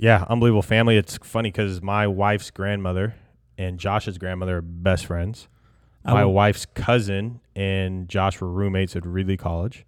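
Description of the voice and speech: One adult man talks fluently and clearly in a relaxed, low-pitched voice with natural pauses; ordinary conversational speech.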